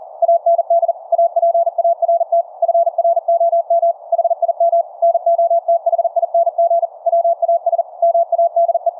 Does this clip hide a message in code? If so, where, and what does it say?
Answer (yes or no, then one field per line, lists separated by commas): yes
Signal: Morse code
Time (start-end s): 0.2-8.9 s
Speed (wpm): 40 wpm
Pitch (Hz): 680 Hz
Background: none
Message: AND APART FROM HIM NOTHING WAS MADE